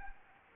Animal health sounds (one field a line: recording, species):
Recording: mosquito wingbeat signal from an infrared sensor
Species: Anopheles arabiensis